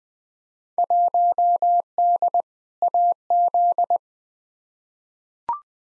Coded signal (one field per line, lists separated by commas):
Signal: Morse code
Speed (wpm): 20 wpm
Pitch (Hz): 700 Hz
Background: none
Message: 1D AZ